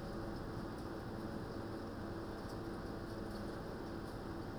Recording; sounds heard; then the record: poultry house recording; no chicken sound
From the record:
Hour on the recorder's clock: 16